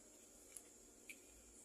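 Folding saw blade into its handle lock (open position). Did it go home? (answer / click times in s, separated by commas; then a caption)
no / none. The metal blade of a folding pruning saw is handled after its safety handle has been switched, as it is swung toward its open position in the handle lock. Only quiet handling noise is heard, with two brief faint ticks near 0.6 s and 1.1 s. Nothing has seated or clicked yet.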